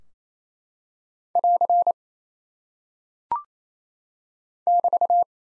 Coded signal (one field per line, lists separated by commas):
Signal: Morse code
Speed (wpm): 28 wpm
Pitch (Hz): 700 Hz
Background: none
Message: <AR> <BT>